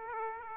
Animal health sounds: mosquito wingbeat signal from an infrared sensor; Aedes aegypti

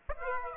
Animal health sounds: mosquito wingbeat signal from an infrared sensor; Aedes aegypti

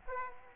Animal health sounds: mosquito wingbeat signal from an infrared sensor; Aedes aegypti

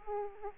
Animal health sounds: mosquito wingbeat signal from an infrared sensor; Aedes aegypti

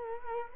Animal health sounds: mosquito wingbeat signal from an infrared sensor; Culex quinquefasciatus

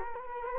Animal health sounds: mosquito wingbeat signal from an infrared sensor; Culex quinquefasciatus

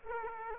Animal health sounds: mosquito wingbeat signal from an infrared sensor; Aedes aegypti

